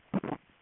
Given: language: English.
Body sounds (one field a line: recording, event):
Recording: throat vibration sensor signal played as sound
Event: swallow